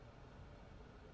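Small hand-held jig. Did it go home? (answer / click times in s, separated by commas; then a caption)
no / none. The rotating clamp of a fletching jig is handled as it is about to be turned to its next position, where it should click into its detent and lock. Only a steady, low broadband noise is heard for about 1.2 seconds, with no sharp hit. Nothing has clicked or seated yet.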